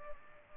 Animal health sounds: mosquito wingbeat signal from an infrared sensor; Culex pipiens

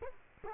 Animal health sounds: mosquito wingbeat signal from an infrared sensor; Culex quinquefasciatus

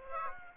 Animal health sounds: mosquito wingbeat signal from an infrared sensor; Aedes aegypti

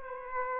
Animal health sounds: mosquito wingbeat signal from an infrared sensor; Aedes aegypti

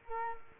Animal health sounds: mosquito wingbeat signal from an infrared sensor; Culex quinquefasciatus

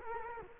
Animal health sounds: mosquito wingbeat signal from an infrared sensor; Culex quinquefasciatus

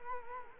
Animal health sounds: mosquito wingbeat signal from an infrared sensor; Culex quinquefasciatus

